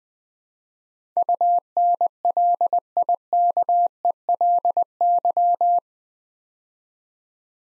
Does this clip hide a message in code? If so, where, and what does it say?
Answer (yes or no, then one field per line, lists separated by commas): yes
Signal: Morse code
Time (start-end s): 1.2-5.8 s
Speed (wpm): 20 wpm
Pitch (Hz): 700 Hz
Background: none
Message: UNLIKELY